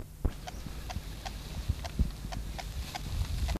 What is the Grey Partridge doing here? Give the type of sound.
call